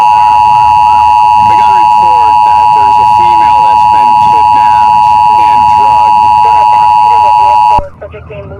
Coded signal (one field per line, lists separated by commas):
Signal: Emergency Alert System (SAME) tones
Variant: 853 and 960 Hz attention tone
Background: speech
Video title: Eas Severe Thunderstorm Warning On Live PD